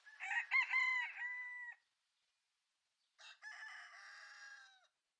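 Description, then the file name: Rooster crow, a full stuttered cock-a-doodle-doo ending in a sustained note, followed after a pause by a second, softer crow. "El Gallo"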